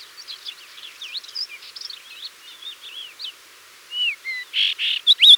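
Thekla's lark song, faint twisting whistled notes over a hissing background, ending in a few louder, clearer slurred whistles.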